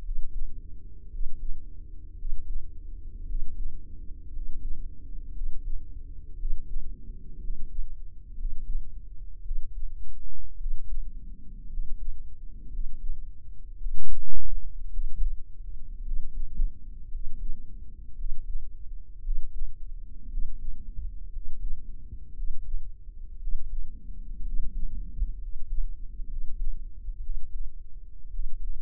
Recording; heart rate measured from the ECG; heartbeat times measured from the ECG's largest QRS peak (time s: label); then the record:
heart sounds by microphone in the right ear; 57 bpm
1.06 s: heartbeat
2.13 s: heartbeat
3.23 s: heartbeat
4.28 s: heartbeat
5.29 s: heartbeat
6.33 s: heartbeat
7.36 s: heartbeat
8.32 s: heartbeat
9.39 s: heartbeat
10.54 s: heartbeat
11.65 s: heartbeat
12.66 s: heartbeat
13.75 s: heartbeat
14.87 s: heartbeat
16.00 s: heartbeat
17.07 s: heartbeat
18.12 s: heartbeat
19.19 s: heartbeat
20.25 s: heartbeat
21.28 s: heartbeat
22.31 s: heartbeat
23.36 s: heartbeat
24.40 s: heartbeat
25.35 s: heartbeat
26.24 s: heartbeat
27.18 s: heartbeat
28.27 s: heartbeat
From the record:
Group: healthy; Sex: male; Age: 23 years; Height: 178 cm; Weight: 96.6 kg